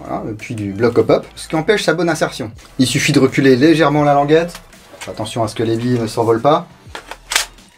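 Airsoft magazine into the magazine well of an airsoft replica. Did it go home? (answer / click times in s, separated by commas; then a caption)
yes / 7.4 s. A plastic airsoft magazine, its follower tab pulled back slightly so it no longer butts against the BB feed, is inserted into the magazine well of a G&G PCC45 airsoft replica while someone talks. After a few small knocks, the magazine latches with a sharp click at 7.4 seconds and engages very well.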